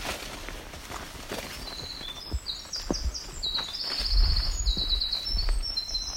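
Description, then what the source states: Winter Wren song: a long, tumbling cascade of very high, rapid trills and twittering notes, with footsteps in the background. Very long song, heard while hiking a forest trail.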